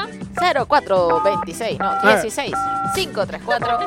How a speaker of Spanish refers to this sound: Y suena el teléfono de los años 90 que tienen aquí.